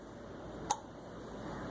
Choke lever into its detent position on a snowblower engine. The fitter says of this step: choke actually has it's like a you heard that click